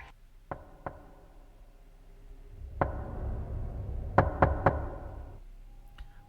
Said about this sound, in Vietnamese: Bỗng nhiên, ở bên ngoài có tiếng gõ cửa lộc cộc vang lên. Âm thanh gõ cửa giữa đêm nghe rất rõ ràng, chói tai.